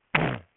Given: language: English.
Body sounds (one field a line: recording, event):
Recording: throat vibration sensor signal played as sound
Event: throat clearing